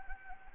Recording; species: mosquito wingbeat signal from an infrared sensor; Anopheles gambiae